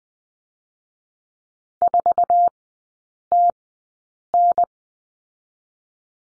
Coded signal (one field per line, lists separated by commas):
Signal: Morse code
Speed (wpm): 20 wpm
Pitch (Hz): 700 Hz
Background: none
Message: 4TN